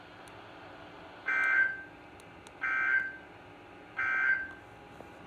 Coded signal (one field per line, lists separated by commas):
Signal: Emergency Alert System (SAME) tones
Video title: CHAOS at SCHOOL!!! 8/11/21 [EAS Alerts 74 - 76]